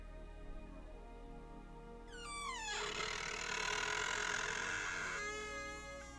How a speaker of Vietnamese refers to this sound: Lúc này ở đằng sau có tiếng mở cửa ken két.